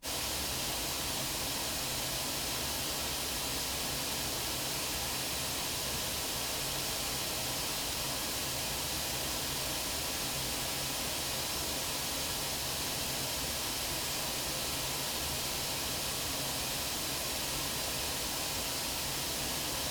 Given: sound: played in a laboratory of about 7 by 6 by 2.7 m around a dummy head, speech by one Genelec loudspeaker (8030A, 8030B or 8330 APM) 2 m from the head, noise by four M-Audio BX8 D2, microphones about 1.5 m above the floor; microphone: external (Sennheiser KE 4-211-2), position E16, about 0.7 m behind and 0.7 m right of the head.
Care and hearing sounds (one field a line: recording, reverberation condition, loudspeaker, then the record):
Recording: white noise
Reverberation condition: low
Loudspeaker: four, about 170 cm from the corners of the room and facing them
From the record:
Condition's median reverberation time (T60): about 310 ms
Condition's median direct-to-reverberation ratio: about 3.5 dB